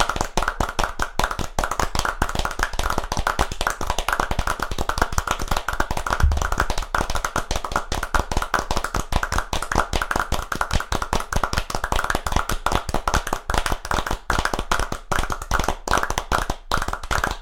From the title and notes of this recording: Clapping For 12 Hands. I started clapping.